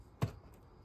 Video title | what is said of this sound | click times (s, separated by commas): Side Mirror Glass Step-by-Step Replacement (CHEAP + EASY)- Audi A4 B7 | once that slides in you just push the mirror in until you hear it snap in and as you can see it's | 0.2 s